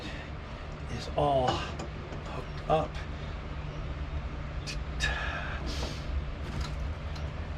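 A part is handled under the hood of a 1967 Mustang during an export brace install, just after it has been hooked up. Someone talks over a low steady hum, with a few brief scraping and knocking sounds. Nothing has seated or clicked yet.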